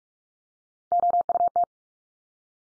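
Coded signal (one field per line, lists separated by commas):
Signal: Morse code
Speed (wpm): 44 wpm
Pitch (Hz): 700 Hz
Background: none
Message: OUT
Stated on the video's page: Morse drill of the 100 most common English words at 45 wpm, each sent three times, spoken, then sent again for head-copy.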